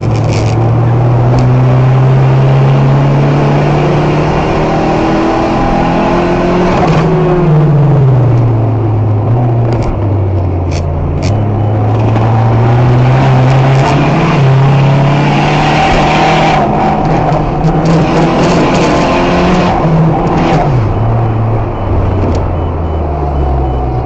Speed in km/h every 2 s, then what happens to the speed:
44, 56, 87, 80, 59, 41, 45, 78, 80, 81, 77, 65.
0-4 speeds up to 87. 4-10 brakes to 41. 10-18 speeds up to 81. 18-24 slows to 65.